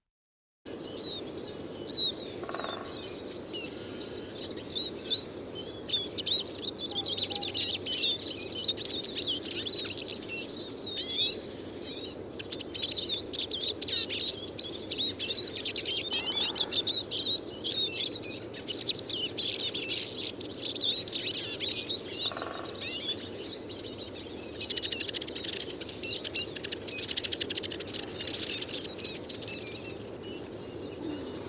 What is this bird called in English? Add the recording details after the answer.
Eurasian Siskin. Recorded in the wild. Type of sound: call. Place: Schaabe, Insel Rügen, Mecklenburg-Vorpommern, DE. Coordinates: 54.317, 13.413. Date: 1975-03-09. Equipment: Nagra III BH, Sennheiser MD 21, parabola. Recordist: Schubert, Michael. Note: Gruppe Zeisige singt